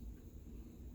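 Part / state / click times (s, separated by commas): ratchet thimble on a micrometer / not seated / none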